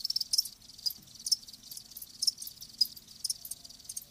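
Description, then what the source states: Crickets chirping in thin high-pitched bursts at irregular intervals, with softer trilling between the louder chirps. Live crickets chirping, presented as a sleep sound.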